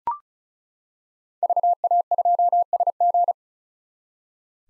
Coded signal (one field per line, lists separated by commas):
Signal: Morse code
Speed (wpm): 34 wpm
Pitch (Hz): 700 Hz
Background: none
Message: VA2SG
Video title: 2023 SOTA Chaser Call Signs - 35wpm